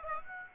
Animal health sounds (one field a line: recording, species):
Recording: mosquito wingbeat signal from an infrared sensor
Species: Aedes aegypti